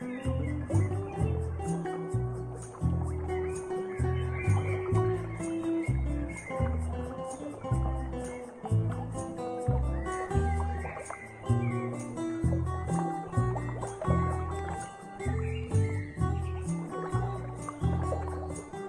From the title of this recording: Summer Afternoon by Pool w/ Relaxing Acoustic Guitar Music